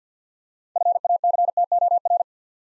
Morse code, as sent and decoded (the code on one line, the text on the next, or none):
..-. .- -.-. - --- .-.
FACTOR